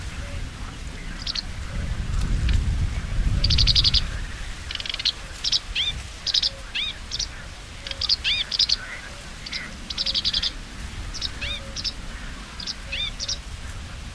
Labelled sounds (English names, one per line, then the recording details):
Sedge Warbler song
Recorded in the wild
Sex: male
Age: adult
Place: Zarnekow, Peenetal, Mecklenburg-Vorpommern, DE
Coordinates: 53.8772, 12.8892
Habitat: wetland
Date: 2010-06-08 21:50
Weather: fair, 20°C, weak easterly winds
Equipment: Sound Devices 702, Sennheiser MKH 70, Rycote Windschutz
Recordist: Frommolt, Karl-Heinz